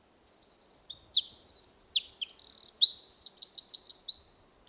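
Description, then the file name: Eurasian wren song: a rapid, high-pitched rush of sharp notes and buzzy trills, ending in a fast rattling trill, about four seconds long, with no other sounds. "Troglodytes troglodytes"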